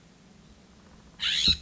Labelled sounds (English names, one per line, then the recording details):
California Scrub-Jay
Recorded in Sonoma County, California